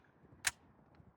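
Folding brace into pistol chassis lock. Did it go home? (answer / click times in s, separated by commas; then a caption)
yes / 0.5 s. The folding brace on a Sig Sauer P320 Flux Legion pistol chassis is squeezed hard to push it back into its locked position, since it is stiff and difficult to pop back in. A single sharp, bright click at 0.5 s shows it seating and locking, followed by a much fainter tick at about 1.0 s against a quiet background.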